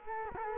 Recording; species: mosquito wingbeat signal from an infrared sensor; Culex quinquefasciatus